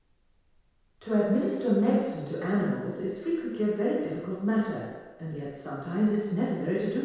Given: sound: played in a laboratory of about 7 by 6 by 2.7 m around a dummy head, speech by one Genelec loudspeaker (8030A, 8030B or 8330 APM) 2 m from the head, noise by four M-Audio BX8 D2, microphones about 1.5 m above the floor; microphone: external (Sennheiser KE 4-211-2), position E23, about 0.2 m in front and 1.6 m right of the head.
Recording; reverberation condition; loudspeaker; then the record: female speech in English; high; 150 degrees to the right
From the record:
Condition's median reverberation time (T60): about 1300 ms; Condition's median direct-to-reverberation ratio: about -4.0 dB